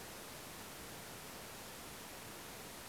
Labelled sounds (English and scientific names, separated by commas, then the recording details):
none
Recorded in France